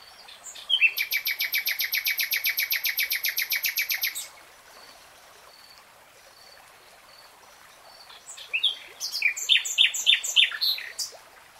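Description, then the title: Nightingale song: a long, steady, rapid rattling trill lasting three seconds, a pause, then a jumble of varied sharp notes and chirps. Real-time recording. "[Tiếng chim hót] 3 Hours REALTIME Nightingale Singing"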